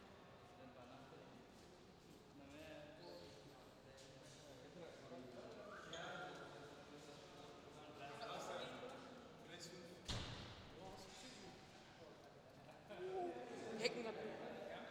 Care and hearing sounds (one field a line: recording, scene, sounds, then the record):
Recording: everyday scene through a hearing-aid microphone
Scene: reverberant space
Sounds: background noise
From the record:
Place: railway station hall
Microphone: in the ear canal, left